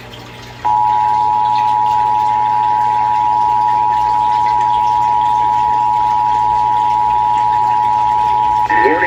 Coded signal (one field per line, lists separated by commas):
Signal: Emergency Alert System (SAME) tones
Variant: 853 and 960 Hz attention tone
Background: speech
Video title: Love canal channel #2 the test of the eas